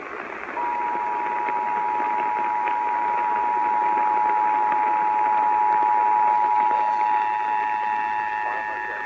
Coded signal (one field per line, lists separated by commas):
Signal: Emergency Alert System (SAME) tones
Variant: 853 and 960 Hz attention tone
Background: speech